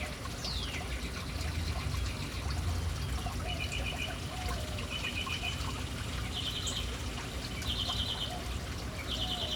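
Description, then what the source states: Birds calling: one descending call, then several short buzzy trills repeated every second or two, over the constant pouring and splashing of water. City birds hanging around a fountain in an urban setting.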